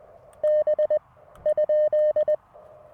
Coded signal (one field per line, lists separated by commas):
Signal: Morse code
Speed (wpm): 20 wpm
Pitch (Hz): 610 Hz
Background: none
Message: B ?